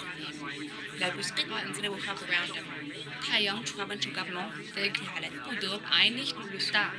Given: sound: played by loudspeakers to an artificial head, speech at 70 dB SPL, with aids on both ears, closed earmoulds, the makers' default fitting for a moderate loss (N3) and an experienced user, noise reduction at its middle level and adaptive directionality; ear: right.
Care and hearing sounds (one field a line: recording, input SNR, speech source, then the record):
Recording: speech test signal (ISTS) in cocktail-party noise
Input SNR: -3 dB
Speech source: on the right (90 degrees)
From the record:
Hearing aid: class 1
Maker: E